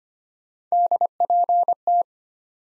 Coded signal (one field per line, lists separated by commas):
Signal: Morse code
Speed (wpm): 25 wpm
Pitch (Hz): 700 Hz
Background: none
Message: DPT